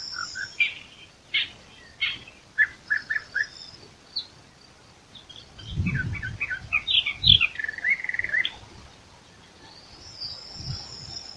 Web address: sylvia crassirostris song. birds-of-the-ussr passeriformes sylviidae sylvia sylvia-crassirostris